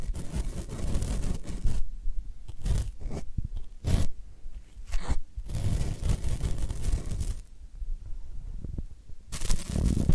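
Floral foam being crushed and scraped, with bursts of crunchy, tearing texture that come and go every second or two. Louder dense stretches around two, four, six to seven and after nine seconds alternate with quieter low rustling in between.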